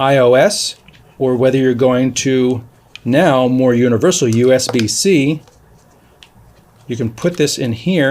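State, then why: Not seated. Someone talks while a small plug-in phone adapter (Lightning for iOS or USB-C) is handled at the hot shoe connector slot on the back of a DJI Wireless Mic 2 receiver. During a quieter pause near the middle, a faint, brief tick is heard around 6.2 s. The adapter has not yet seated or clicked into place when the clip ends.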